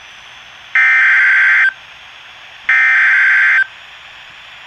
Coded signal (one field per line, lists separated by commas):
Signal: Emergency Alert System (SAME) tones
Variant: header bursts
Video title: River Flood Warning (EAS #369)